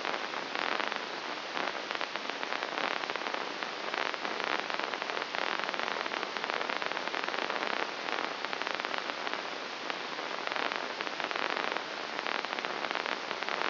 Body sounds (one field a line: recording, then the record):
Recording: brain microelectrode recording played as sound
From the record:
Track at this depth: inside the subthalamic nucleus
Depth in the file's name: 4.102 mm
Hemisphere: left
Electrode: 2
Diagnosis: Parkinson's disease